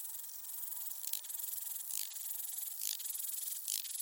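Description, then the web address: Rattle grasshopper rasping, four soft scratchy bursts of high hiss spaced close to a second apart against constant buzzy background noise. Écrins National Park. "ecrins-parcnational criquetjacasseur"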